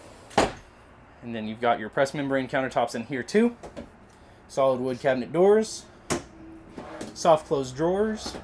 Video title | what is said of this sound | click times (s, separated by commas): Half Ton Towable Fifth Wheel Under 7,600lbs!! 2025 KZ Durango HT 220RKT | Just pops right into there, and then your door is locked. | 0.4 s